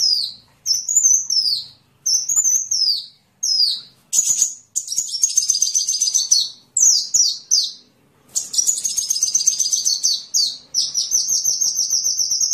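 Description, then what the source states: Van Hasselt's sunbird song of high, squeaky slurred phrases broken by short pauses, with bursts of dense buzzy trilling between them. Filler song (isian) of the kolibri ninja (konin), used to train songbirds.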